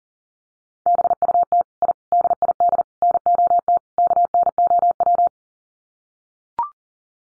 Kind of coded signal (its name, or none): Morse code